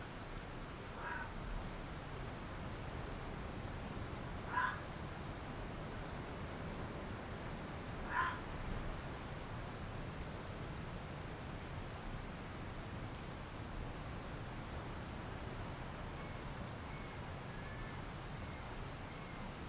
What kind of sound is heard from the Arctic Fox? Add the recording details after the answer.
call. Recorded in the wild. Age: juvenile. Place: Insel Mednyi, Kommandeur-Inseln, RU. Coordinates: 54.5167, 168.083. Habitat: tundra. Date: 1999-08-25. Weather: overcast, no fog, 10°C, no wind. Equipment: Sony TCD-D8, Sennheiser MKH 70, Windkorb. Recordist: Frommolt, Karl-Heinz